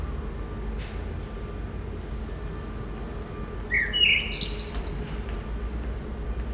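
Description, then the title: Common blackbird giving a single short whistled phrase with a squeaky high ending, set against a steady low background rumble and long quiet stretches. Recorded at Résidence Sainte-Gertrude in the Marolles district of Brussels, Belgium, with a Sony PCM-M10 and Luhd PM-01 binaural microphones. "Marolles, 1000 Bruxelles, Belgique - Résidence Sainte-Gertrude - Merle - Blackbird"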